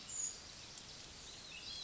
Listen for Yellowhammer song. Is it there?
no